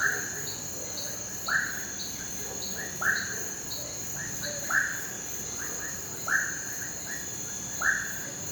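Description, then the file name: A constant high cricket drone runs throughout, with frogs giving repeated croaking chirps about every one and a half seconds and a second caller adding short higher notes. Night chorus of crickets and cicadas in a rural setting, mixed with frogs. "Sapos ambiente rural a noite coro de grilos e cigarras, cachorro longe"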